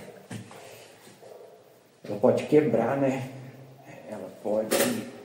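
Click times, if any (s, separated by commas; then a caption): none. A still-wet piece is being fitted onto a clown sculpture, with worry that it may break under its weight. Someone talks while soft handling and rubbing sounds are heard. Nothing has seated or clicked yet.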